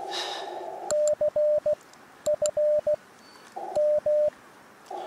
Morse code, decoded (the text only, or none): C F M